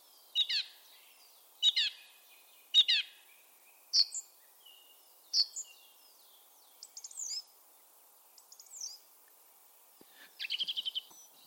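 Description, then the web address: Bird repeating sharp single chirps about once a second, then softer thin twittering, ending in a rapid rattling trill. "cianscape birddata Deverinetal 2025"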